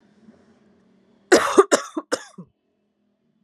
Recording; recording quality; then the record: heavy voluntary cough; excellent, no background noise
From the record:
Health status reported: recovered from COVID-19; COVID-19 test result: negative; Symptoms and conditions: breathing difficulty, sore throat, fatigue, loss of smell and taste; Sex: female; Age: 30 years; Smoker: not ticked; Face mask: not worn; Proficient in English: yes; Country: India